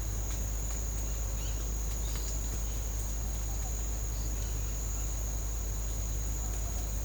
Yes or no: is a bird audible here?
no